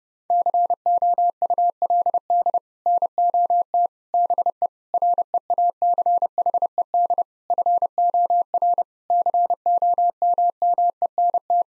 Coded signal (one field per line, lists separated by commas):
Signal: Morse code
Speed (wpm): 30 wpm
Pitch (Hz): 700 Hz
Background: none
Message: COULD NOT BE REACHED FOR COMMENT